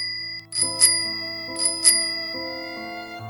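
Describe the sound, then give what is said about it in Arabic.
A bicycle bell on a newly bought mountain bike from Decathlon rings twice in quick double dings, each pair of bright metallic strikes leaving a sustained shimmering tone that slowly fades. No voices are heard. “جربتها في المحل ولم أغامر أن أفعلها، ومن أجل أن ترضيني قامت بتسويدها بأهم مكون في الدراجات، الجرس بالطبع.”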